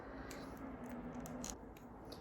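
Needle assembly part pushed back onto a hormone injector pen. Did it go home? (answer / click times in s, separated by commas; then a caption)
yes / 1.4 s. A part of the needle assembly is pushed back onto a hormone injector pen after an injection until it clicks into place. Several faint, short ticks and scrapes are heard over a low steady hum, with the sharpest click at 1.4 s when the part seats.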